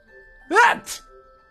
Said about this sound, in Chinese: 隔壁房间里，赵普突然扬起脸打了个喷嚏，这喷嚏声音实在是响亮，公孙和小四子都听到了，对视了一眼，一起捂嘴。